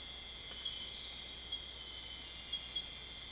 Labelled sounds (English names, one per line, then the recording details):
none
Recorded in dense forest near Puerto Asís, Putumayo, Colombia, on 21 December 2024 at 02:30
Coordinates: 0.485, -76.318
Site GP03